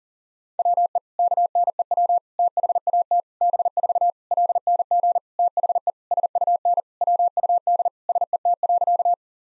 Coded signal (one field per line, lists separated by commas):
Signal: Morse code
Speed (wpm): 40 wpm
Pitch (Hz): 700 Hz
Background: none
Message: WE KNEW THAT B4 LNG THE SUN WUD SET.